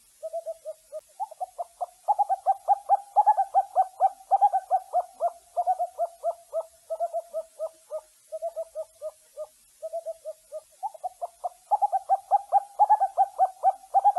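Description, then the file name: Owl giving repeated short, mellow hoots in rapid runs that pause briefly and resume; background otherwise quiet. "suara burung hantu"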